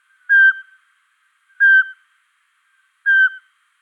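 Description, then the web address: Eurasian pygmy owl giving three short, evenly spaced whistled hoots, with silence between them. Recorded in Luxembourg. "rapaces-nocturnes-au-luxembourg chevechette-d-europe"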